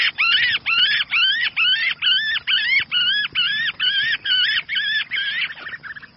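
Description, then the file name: Red-whiskered bulbul distress call: rapid series of arched, nasal, squealing notes, about two per second, with a faint background hum. Distress call; the bird is calling for help. "Tieng chao mao keu cuu"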